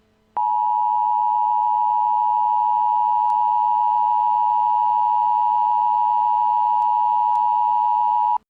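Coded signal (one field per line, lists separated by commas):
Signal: Emergency Alert System (SAME) tones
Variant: 853 and 960 Hz attention tone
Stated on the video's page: Fictional end-of-the-world EAS alert scenario depicting the final moments before global war.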